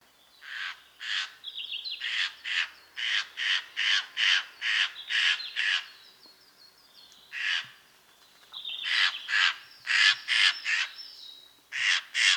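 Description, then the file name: Eurasian jay giving harsh, rasping screeches in rapid runs of several calls, a brief pause, then another run, with faint thin whistles between some calls. "Garrulus glandarius"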